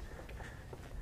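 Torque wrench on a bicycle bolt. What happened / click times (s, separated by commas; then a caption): Torque wrench clicks at its setting / 0.3 s. A preset torque wrench is tightened on a bicycle bolt until it clicks at its setting, with a short click at 0.3 s against a steady low background. The click confirms the right torque value has been reached.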